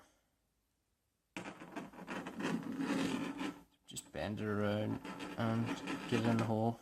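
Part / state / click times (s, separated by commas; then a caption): crimped wire pin into plastic connector housing / not seated / none. After about 1.4 seconds of near silence, a ground wire's crimped pin is bent around and lined up with the hole of a plastic connector housing, making rubbing and scraping handling sounds while someone talks. The pin has not clicked into place yet.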